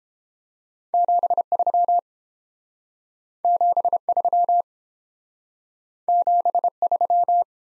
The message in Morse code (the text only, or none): 73 73 73